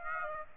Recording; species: mosquito wingbeat signal from an infrared sensor; Aedes aegypti